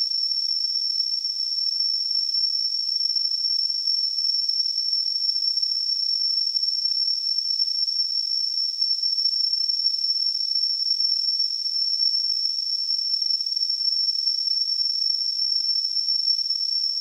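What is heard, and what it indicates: A simulated tinnitus sound: a steady, unbroken high-pitched tone near 6 kHz over a faint surrounding hiss, holding constant throughout with no low-frequency content.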